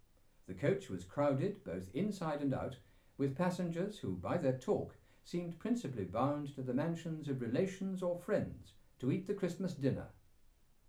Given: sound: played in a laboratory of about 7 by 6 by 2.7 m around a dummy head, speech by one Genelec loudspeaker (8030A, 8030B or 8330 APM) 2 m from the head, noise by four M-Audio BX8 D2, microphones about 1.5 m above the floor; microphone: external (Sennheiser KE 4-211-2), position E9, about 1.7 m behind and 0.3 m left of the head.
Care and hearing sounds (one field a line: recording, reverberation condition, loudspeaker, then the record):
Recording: male speech in English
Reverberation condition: low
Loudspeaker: 120 degrees to the left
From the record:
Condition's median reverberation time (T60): about 310 ms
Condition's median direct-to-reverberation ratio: about 3.5 dB